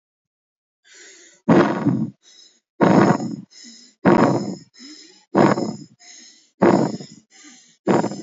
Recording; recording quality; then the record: shallow breathing; excellent, no background noise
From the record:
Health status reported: healthy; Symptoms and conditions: none ticked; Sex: male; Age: 34 years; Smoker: not ticked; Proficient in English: yes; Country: India